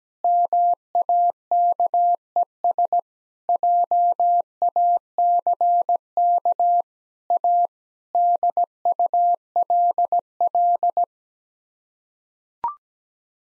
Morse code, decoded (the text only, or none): MAKES JACK A DULL